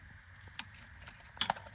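A wiring harness connector is handled and pushed toward a replacement ride height sensor on a Trailblazer, Envoy, Buick Rainier or Saab 9-7X after an earlier try gave no audible click. Brief sharp handling ticks are heard around 0.6 s, 1.4 s and 1.5 s over a low steady background. Nothing has seated or clicked yet.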